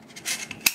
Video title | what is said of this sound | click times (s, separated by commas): A Beginners Guide To Building An AR-10: Part 4 - Stock & Buffer | so it goes all the way down you'll hear it click and that buffer detent right here is going to hold that | 0.7 s